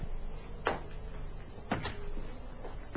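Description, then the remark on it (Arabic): A door swings shut with a couple of solid wooden knocks, one sharp impact followed about a second later by another and a faint final rattle, over a low steady background hum. “كلا، ما دام الباب مغلقا وفوق ذلك فقد خرج.”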